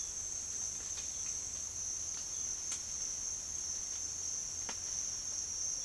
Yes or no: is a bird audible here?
no